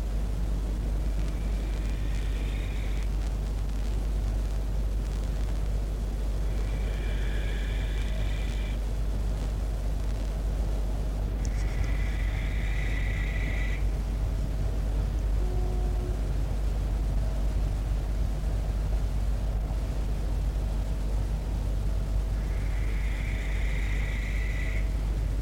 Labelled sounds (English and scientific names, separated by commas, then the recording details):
Western Barn Owl (Tyto alba) flight call
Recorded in the wild
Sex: pair
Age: adult
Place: Klein-Neundorf, Lausitz, Sachsen, DE
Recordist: Meyer, Hugo